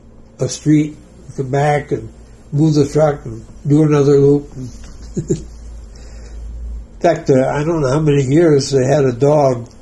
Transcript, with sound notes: a street and come back and move the truck, do another loop [laughing] In fact, I don't know how many years, they had a dog.